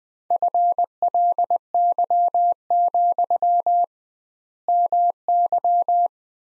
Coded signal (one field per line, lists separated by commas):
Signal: Morse code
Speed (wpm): 20 wpm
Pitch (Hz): 700 Hz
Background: none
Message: FLY, MY